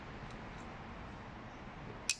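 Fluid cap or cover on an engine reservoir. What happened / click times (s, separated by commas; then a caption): The cap clicked shut / 2.1 s. A cap or cover on an engine fluid reservoir or dipstick is closed after checking the level, over a steady low background hum. It snaps shut with one sharp click at 2.1 s, and the cap is seated.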